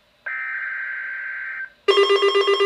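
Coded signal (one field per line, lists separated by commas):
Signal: Emergency Alert System (SAME) tones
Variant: header bursts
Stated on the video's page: Flash flood warning recorded with an iPhone 5S.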